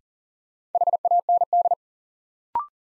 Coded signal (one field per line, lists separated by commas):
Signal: Morse code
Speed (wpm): 40 wpm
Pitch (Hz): 700 Hz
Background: none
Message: HAND